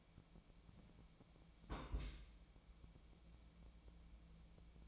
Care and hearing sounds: daily activity, microphone in the room; place on stove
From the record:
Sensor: 1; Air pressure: 1010.0 hPa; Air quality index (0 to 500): 187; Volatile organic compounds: 17 ppm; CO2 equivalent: 2574 ppm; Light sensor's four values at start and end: 38/97/40/49 and 38/97/41/49

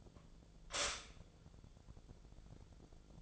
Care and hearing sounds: daily activity, microphone in the room; stop toaster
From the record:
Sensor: 5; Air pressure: 1000.3 hPa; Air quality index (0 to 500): 130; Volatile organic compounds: 2 ppm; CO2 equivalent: 1024 ppm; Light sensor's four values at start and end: 77/180/76/82 and 77/180/76/82

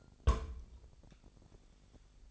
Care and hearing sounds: daily activity, microphone in the room; place on stove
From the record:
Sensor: 5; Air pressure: 999.4 hPa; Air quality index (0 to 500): 224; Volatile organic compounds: 21 ppm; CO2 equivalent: 2737 ppm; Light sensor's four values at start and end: 30/68/28/28 and 31/72/29/29

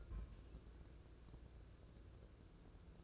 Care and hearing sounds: daily activity, microphone in the room; place on stove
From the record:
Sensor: 2

